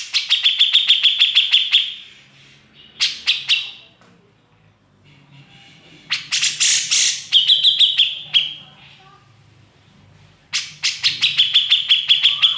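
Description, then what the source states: Grey-cheeked bulbul song: fast chip series separated by harsh rasping bursts and quiet gaps, the rapid chips returning at the end. Masteran training audio, a recording used to teach songbirds.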